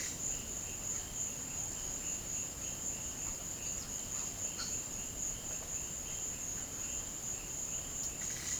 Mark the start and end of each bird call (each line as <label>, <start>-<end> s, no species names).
bird call, 3.65-4.83 s
bird call, 8.05-8.60 s